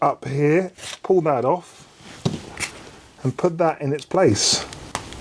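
Someone talks while a single-intensity relay is pulled off and a dual-intensity relay controller is brought to the relay socket of a motorcycle auxiliary light wiring loom. Brief sharp handling knocks are heard around 2.3 s and near the end, at 5.0 s and 5.1 s. The controller has not clicked into the socket yet.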